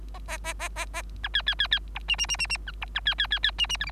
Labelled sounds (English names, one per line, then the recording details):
Bengalese Finch song
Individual Bird3